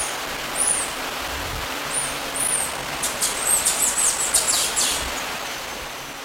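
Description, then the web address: Golden-collared honeycreeper giving thin, very high arched notes, then a quick run of sharp high chips, over steady hiss. Ecuador. "Birds of Ecuador golden-collared Honeycreeper"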